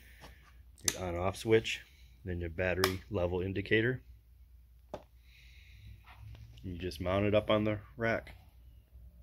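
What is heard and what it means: Someone talks while an e-trike battery pack is handled at the rear rack mount, with music playing underneath and one faint, brief hit. The pack is not yet home; nothing has seated or locked yet.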